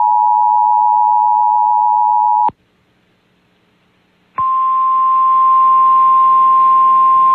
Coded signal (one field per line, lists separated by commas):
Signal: Emergency Alert System (SAME) tones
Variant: 853 and 960 Hz attention tone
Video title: EAS Severe Thunderstorm Warning on 89.1 The Bash FM (EAS #70)